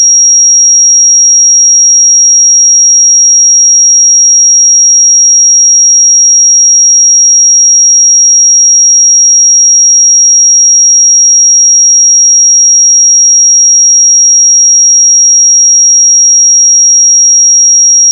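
A pure sine tone at 5643 Hz holds perfectly steady for the full eighteen seconds, thin and piercingly high. Its level never wavers, and there are no other sounds beneath it, only silence, until a tiny click as it cuts off at the very end.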